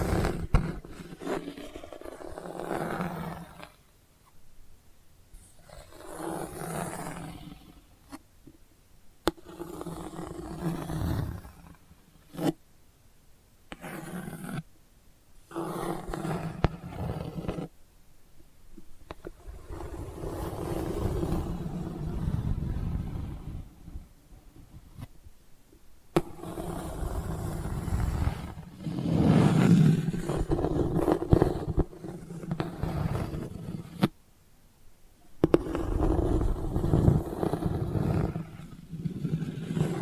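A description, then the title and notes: Scratching in irregular bursts, rough and grainy, with a low rumbling body and a thin hiss on top. Strokes run from a second to several seconds, separated by brief silences near 4, 9, 13, 26 and 34 seconds, growing denser and louder after 27 seconds. ASMR Delicate Scratching for Sleep (No Talking).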